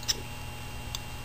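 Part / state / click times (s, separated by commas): lower plastic timing chain slide rail into its engine mount / not seated / none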